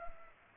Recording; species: mosquito wingbeat signal from an infrared sensor; Culex pipiens